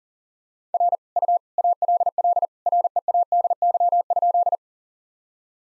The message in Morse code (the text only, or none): R U ALL READY?